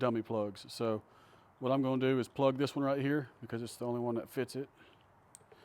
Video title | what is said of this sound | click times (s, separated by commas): Amp Up Your Vehicle: The Results of Installing Morimoto XB Tail Lights with Backup Light Boost Bar! | Heard it snap. | 5.4 s